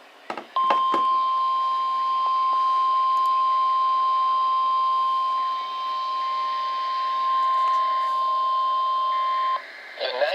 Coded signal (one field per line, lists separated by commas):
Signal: Emergency Alert System (SAME) tones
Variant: 1050 Hz attention tone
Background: speech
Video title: Severe Thunderstorm Watch for MY AREA! [EAS #128]